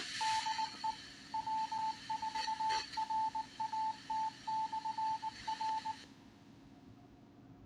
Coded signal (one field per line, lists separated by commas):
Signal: Morse code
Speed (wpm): 19 wpm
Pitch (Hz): 880 Hz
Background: radio noise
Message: DE W4RAT/R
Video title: RTL-SDR Dongle and tonight's RATS UHF net